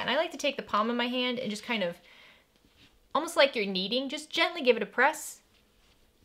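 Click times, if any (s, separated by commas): none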